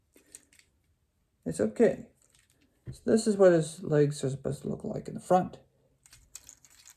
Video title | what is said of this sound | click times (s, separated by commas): Transformers Collection - Optimus Prime! | in to place and then push hear it nice click sound | 0.3 s